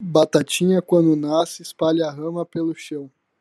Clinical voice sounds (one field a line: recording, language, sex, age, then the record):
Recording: short text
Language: Brazilian Portuguese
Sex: male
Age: 18 to 19 years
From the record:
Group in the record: control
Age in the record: 19 years